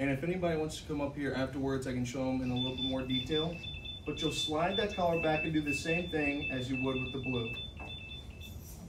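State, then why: Not seated. Someone talks while handling the orange connector of a sterile Atricure cryoablation probe, whose collar is slid back before it is pushed into the console. A steady high-pitched electronic tone runs under the voice from about 2.5 s onward. The connector has not seated or clicked yet.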